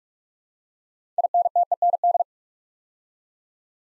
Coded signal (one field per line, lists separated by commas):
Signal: Morse code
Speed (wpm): 44 wpm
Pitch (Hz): 700 Hz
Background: none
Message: INTEND